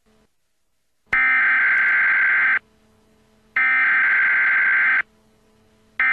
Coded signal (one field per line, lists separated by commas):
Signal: Emergency Alert System (SAME) tones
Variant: header bursts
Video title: Emergency Alert System - Civil Danger Warning for Shrewsbury Township, PA